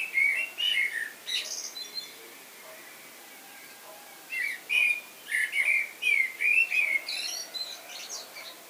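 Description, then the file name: Common blackbird song: mellow warbled phrases around mid pitch, each ending in a thin high squeaky twitter, two phrases separated by a pause of about two seconds. "Turdus merula"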